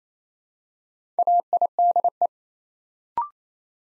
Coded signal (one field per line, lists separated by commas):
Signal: Morse code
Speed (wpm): 27 wpm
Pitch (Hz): 700 Hz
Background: none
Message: AIDE